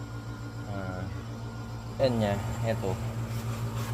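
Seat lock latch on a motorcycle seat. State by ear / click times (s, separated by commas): not seated / none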